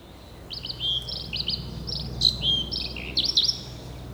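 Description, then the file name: Eurasian blackcap singing a short run of high, chirping notes over about three seconds, with a faint low hum underneath. "Sylvia atricapilla"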